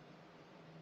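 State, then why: Not seated. A Petrified Fish Hairtail folding knife's blade is being handled toward the closed detent on the bottom of its handle. Only a steady, broadband hiss with a low hum is heard, with no distinct transients. Nothing has seated or clicked yet.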